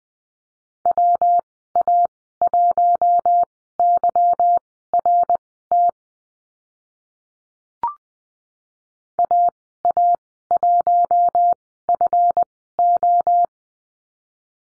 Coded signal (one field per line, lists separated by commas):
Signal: Morse code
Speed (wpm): 20 wpm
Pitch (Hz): 700 Hz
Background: none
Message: WA1YRT AA1FO